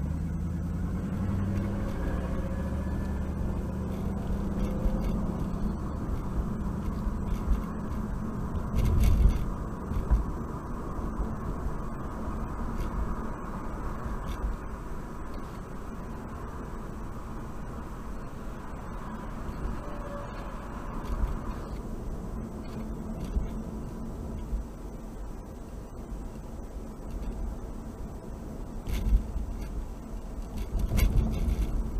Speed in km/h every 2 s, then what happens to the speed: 18, 32, 40, 47, 50, 55, 56, 58, 58, 58, 58, 56, 56, 56, 56, 55.
0-11 speeds up to 56. 11-32 steady at about 56.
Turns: none.